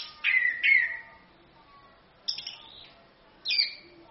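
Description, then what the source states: Orange-headed thrush giving two bright descending whistles, a pause, then two more high slurred notes, spaced out over a few seconds. Masteran song of the thrush, meant as a pancingan lure to prompt another bird to sing; song described as gacor (vigorous) and ngerol (continuous rolling).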